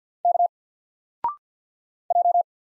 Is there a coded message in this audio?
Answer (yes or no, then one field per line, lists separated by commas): yes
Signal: Morse code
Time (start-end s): 0.2-2.4 s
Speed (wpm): 48 wpm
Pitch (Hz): 700 Hz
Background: none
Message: K J